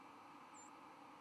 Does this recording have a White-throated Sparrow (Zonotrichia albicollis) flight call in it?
yes